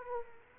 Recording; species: mosquito wingbeat signal from an infrared sensor; Culex quinquefasciatus